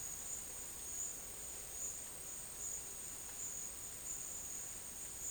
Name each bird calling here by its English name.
none